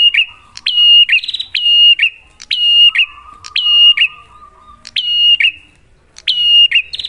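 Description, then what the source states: Bar-winged prinia song of bright, repeated whistled phrases with clicky starts, interleaved with a fast buzzy rattle and a lower drawn-out twitter underneath. Duet lure recording of clear-voiced, lively prinia song, made to get caged birds singing.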